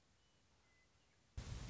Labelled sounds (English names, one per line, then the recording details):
Western Meadowlark
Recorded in Sonoma County, California